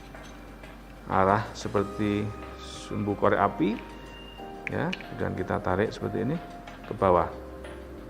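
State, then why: Not seated. A laryngoscope blade is being handled and pulled down onto the hook of a laryngoscope handle, where it is meant to lock with a click and light the lamp. Over steady background hum, someone talks throughout. The clip ends before the blade goes home, so nothing has seated or clicked yet.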